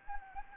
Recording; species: mosquito wingbeat signal from an infrared sensor; Anopheles gambiae